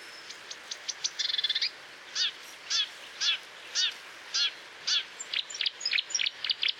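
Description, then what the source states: Marsh warbler song: a quick buzzy trill, then a series of repeated down-slurred chirps, ending in rapid high twittering. Recorded at Moos, Deggendorf district, on 30 June 2013.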